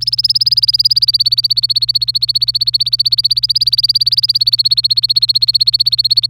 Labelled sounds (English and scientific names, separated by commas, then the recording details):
Domestic Canary (Serinus canaria) song
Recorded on 25 April 2018 at 16:41
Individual llb3